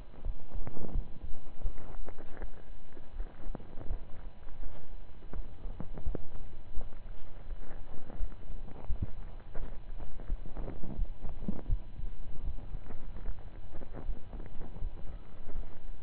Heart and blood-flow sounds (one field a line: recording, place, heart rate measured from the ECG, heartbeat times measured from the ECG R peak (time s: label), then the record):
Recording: heart sounds by stethoscope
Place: between the tricuspid and mitral areas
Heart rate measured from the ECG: 82 bpm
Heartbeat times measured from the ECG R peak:
0.22 s: heartbeat
0.92 s: heartbeat
1.62 s: heartbeat
2.36 s: heartbeat
3.13 s: heartbeat
3.87 s: heartbeat
4.59 s: heartbeat
5.32 s: heartbeat
6.03 s: heartbeat
6.73 s: heartbeat
7.45 s: heartbeat
8.17 s: heartbeat
8.86 s: heartbeat
9.56 s: heartbeat
10.26 s: heartbeat
10.96 s: heartbeat
11.66 s: heartbeat
12.42 s: heartbeat
13.21 s: heartbeat
14.03 s: heartbeat
14.78 s: heartbeat
15.52 s: heartbeat
From the record:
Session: slow and fast walking with breaks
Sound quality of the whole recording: saturated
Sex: male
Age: 25 years